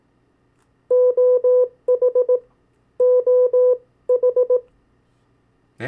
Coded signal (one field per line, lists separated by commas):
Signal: Morse code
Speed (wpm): 18 wpm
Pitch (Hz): 500 Hz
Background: none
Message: OH OH